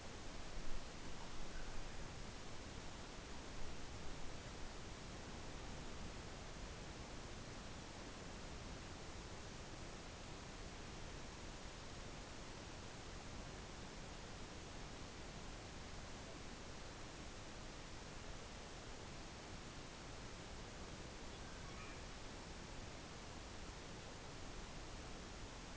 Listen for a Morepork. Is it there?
no